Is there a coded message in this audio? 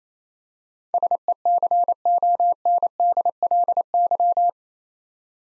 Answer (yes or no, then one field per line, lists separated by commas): yes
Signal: Morse code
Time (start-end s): 0.9-4.5 s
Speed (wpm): 27 wpm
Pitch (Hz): 700 Hz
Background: none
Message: SECONDLY